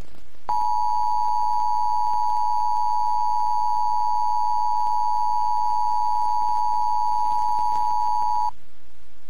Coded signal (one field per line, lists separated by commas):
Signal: Emergency Alert System (SAME) tones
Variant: 853 and 960 Hz attention tone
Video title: TFC Emergency Broadcast System Test in San Bernardino, California area - 2009